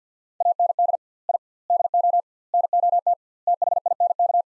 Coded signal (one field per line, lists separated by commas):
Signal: Morse code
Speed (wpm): 45 wpm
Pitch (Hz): 700 Hz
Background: none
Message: AND I DO NOT THINK